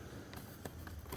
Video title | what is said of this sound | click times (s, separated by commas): *How To* 2004-2009 Jaguar XJ XJ8 X350 X358 DIY License Plate Lamp Bulb Replacement Lens #jaguar #xj8 | You're just going to pull back. You can hear that click into that notch. | 0.7 s